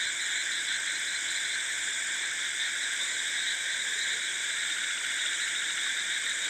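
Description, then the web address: Frog and insect chorus: a steady, dense high-pitched buzz layered in several bands, droning evenly throughout without breaks. Rice field frogs with insects at night in South India, recorded both close and wide. "South India sound library by Faunethic Rice field frogs and insects close, wide at night"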